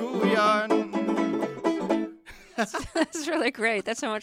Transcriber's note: laughter